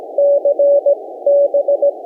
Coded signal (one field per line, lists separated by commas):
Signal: Morse code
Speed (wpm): 18 wpm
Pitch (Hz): 560 Hz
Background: none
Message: CB